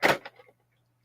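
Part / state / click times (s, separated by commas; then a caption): lap desk angle support into its desk frame / seated / 0.0 s. A portable laptop lap desk's angle support is set to the working angle and snapped into its desk frame. A loud, sharp snap lands at 0.1 s, followed by a softer knock at 0.3 s and faint rattles that fade by about 0.5 s over a low steady hum. The support seats into place.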